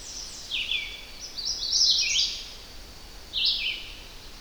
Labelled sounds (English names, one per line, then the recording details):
Red-eyed Vireo song
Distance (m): 15 m
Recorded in boreal forest in Alberta, Canada, on 10 June 2016 at 07:52
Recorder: SongMeter 3, array SBT-3-39
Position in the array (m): 198 m, 115 m